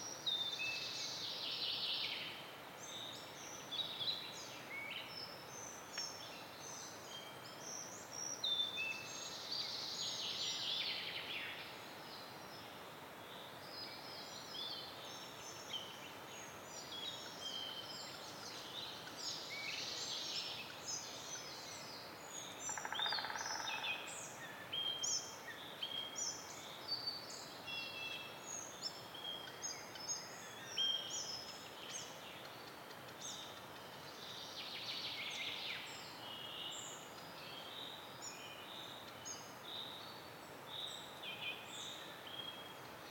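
A dawn chorus in a young forest: many birds sing and chirp at once, a dense, bright layer of overlapping calls that never stops across the whole recording. Around the middle, a lower, rounder call stands out briefly over a soft, steady outdoor hush.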